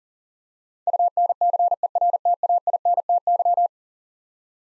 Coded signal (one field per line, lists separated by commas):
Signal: Morse code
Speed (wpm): 40 wpm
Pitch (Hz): 700 Hz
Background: none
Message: UNCERTAINTY